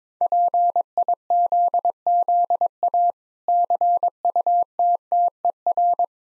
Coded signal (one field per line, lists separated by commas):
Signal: Morse code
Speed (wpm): 22 wpm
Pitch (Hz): 700 Hz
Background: none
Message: PIZZA CUTTER